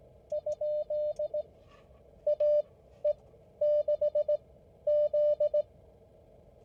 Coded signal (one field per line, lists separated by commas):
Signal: Morse code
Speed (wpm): 17 wpm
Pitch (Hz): 600 Hz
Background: none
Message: ? AE6Z